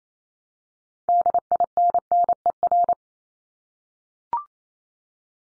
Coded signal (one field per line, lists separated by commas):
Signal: Morse code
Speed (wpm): 28 wpm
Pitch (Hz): 700 Hz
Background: none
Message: DINNER